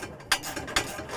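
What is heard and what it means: A ratchet drives a bolt for the rear exhaust hanger up into threads in the car's sheet-metal floor, with a sharp ratchet burst at 0.3 s and further bursts around 0.8 s and 1.2 s. The bolt spins in the sheet-metal thread, which is stripped.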